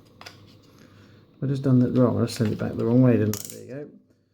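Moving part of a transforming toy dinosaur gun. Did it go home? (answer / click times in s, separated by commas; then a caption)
no / none. Small plastic handling ticks sound around 0.2 s and 0.3 s as the moving plastic part of a transforming toy dinosaur gun, put back the wrong way, is being refitted. Someone then talks from about 1.4 s. Nothing has seated or clicked into place yet.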